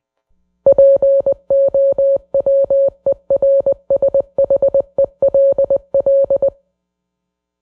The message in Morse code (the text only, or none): POWERSHELL